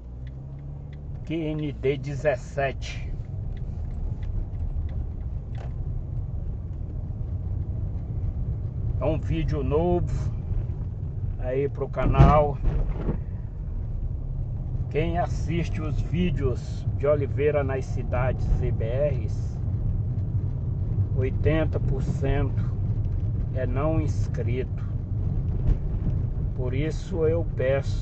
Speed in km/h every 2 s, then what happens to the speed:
12, 18, 21, 25, 21, 15, 22, 27, 30, 30, 30, 29, 28, 28.
0-6 speeds up to 25. 6-10 slows to 15. 10-16 speeds up to 30. 16-28 steady at about 29.